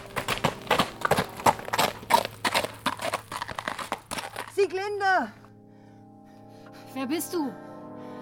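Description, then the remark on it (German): Rapid, loud horse hooves clip-clop in a steady galloping rhythm for several seconds, then stop, followed by a couple of brief rising-and-falling voiced calls over a low, steady hum. “Komm auf mein Pferd.”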